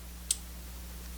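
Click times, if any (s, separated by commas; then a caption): 0.3 s. A small Spartan Enyo pocket fixed-blade knife is pushed into its molded sheath until the built-in retention trigger switch catches. One sharp, bright click sounds at 0.3 s over a steady low hum, and the knife is seated in the sheath.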